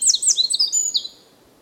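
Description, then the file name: Eurasian wren song: the final second of a high, rapid trilling phrase with sharp chirping notes, ending abruptly and followed by quiet. "Dmitry Kulakov - Krapivnik Troglodytes troglodytes"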